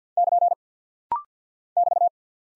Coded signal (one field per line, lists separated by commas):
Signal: Morse code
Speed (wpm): 48 wpm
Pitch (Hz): 700 Hz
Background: none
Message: <KN> <BT>